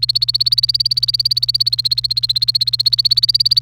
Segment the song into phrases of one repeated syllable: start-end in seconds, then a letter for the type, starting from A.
0.00-3.62 A